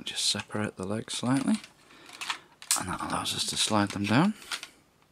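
Someone talks while the plastic legs of a toy robot are separated slightly and slid down, with soft handling clicks and taps between the words. The clip ends before the parts go home, so nothing has seated or clicked into place yet.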